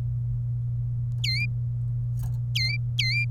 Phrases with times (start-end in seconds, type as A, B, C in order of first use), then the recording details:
1.24-1.45 A, 2.55-3.25 A. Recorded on 27 April 2018 at 14:12. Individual llb3